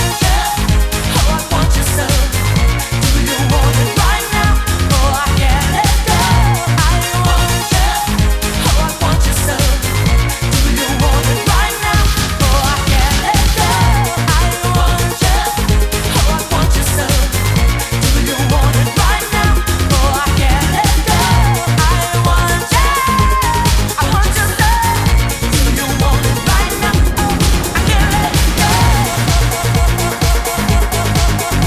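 Dance music plays as a bumper car soundtrack, loud and dense from start to finish. A steady, thumping bass beat drives it at a regular pace, with bright synth lines and chords layered on top and no pauses or drops in level.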